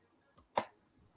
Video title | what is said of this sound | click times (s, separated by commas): Unboxing & Pop Culture News on Kathy & Kenny Explain Pop Kulture | listen to that click you hear that yeah I hear that you're magnetic oh wait | 0.6 s